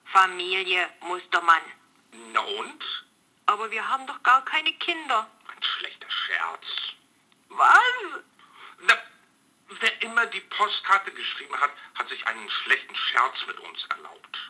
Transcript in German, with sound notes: „Familie Mustermann”.
Na und?
Aber wir haben doch gar keine Kinder!
Ein schlechter Scherz.
(weinerlich) Was?
Na, wer immer die Postkarte geschrieben hat, hat sich einen schlechten Scherz mit uns erlaubt!